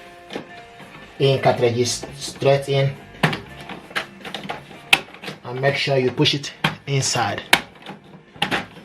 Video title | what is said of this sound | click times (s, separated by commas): HP DESKJET 2630 ALL- IN - ONE BUDGET PRINTER INK CARTRIDGES INSTALLATION | you here click sound | 8.4 s